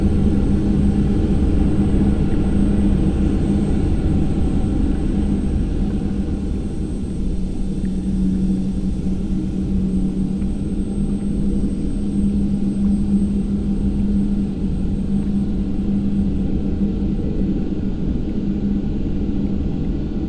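A steady low engine drone fills the upper deck of a bus at a constant run, with a humming tone that swells and fades gently around the middle and later on. The level stays even throughout, with a faint high whine above.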